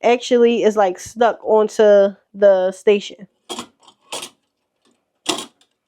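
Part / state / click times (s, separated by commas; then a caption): cap embroidery frame into capping station / seated / 5.3 s. Someone talks while a hat capping frame for cap embroidery is pushed all the way back onto its capping station, which is mounted on the base of the machine table. After some short handling noises, the frame clicks into place at about 5.3 s, showing it is now attached to the station.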